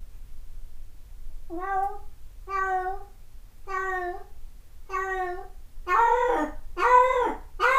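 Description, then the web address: Cat meowing, drawn-out tonal meows repeated about once a second, growing louder and harsher toward the end. Recorded 1 May 2008. "cat cat 20080501"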